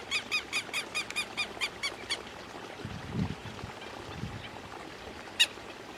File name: canto do quero quero